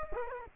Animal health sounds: mosquito wingbeat signal from an infrared sensor; Culex quinquefasciatus

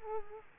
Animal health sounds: mosquito wingbeat signal from an infrared sensor; Culex quinquefasciatus

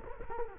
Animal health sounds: mosquito wingbeat signal from an infrared sensor; Culex quinquefasciatus

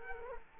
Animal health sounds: mosquito wingbeat signal from an infrared sensor; Culex quinquefasciatus

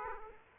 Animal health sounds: mosquito wingbeat signal from an infrared sensor; Aedes aegypti

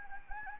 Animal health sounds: mosquito wingbeat signal from an infrared sensor; Anopheles gambiae

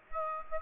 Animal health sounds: mosquito wingbeat signal from an infrared sensor; Aedes aegypti

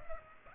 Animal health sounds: mosquito wingbeat signal from an infrared sensor; Culex pipiens

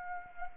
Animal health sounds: mosquito wingbeat signal from an infrared sensor; Anopheles arabiensis

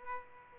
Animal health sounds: mosquito wingbeat signal from an infrared sensor; Aedes aegypti

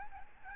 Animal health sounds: mosquito wingbeat signal from an infrared sensor; Aedes albopictus

